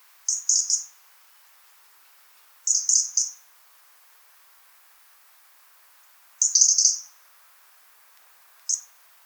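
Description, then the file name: European robin giving high, thin call notes in short quick clusters, repeated every few seconds, with quiet background between. "Erithacus rubecula"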